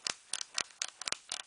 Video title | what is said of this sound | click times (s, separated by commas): Final Fantasy XIII Play Arts VANILLE: EmGo's Final Fantasy Reviews N' Stuff | you hear that clickity click? That means it's locked in place. | 0.1 s, 0.3 s, 0.6 s, 0.8 s, 1.1 s